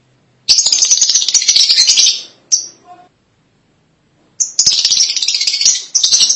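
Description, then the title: Lovebird chatter: dense, harsh high-pitched twittering for about two seconds, a brief pause, then another long burst of rapid shrill notes. "BM Suara Burung Lovebird"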